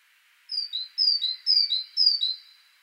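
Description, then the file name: Great tit singing four quick, clear two-note phrases, each a high whistle dropping to a lower one, evenly spaced about half a second apart. "Parus major"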